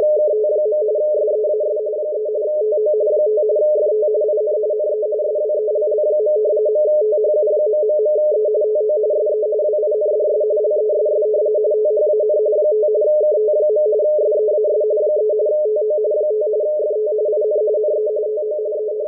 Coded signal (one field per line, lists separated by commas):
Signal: RTTY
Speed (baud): 45.45 baud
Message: KT. SEAS 3 TO 5 FT IN NE SWELL. .THU...E TO SE WINDS LESS THAN 5 KT. SEAS 3 TO 5 FT IN NE TO E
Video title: WLO Marine weather RTTY decode at 8473 kHz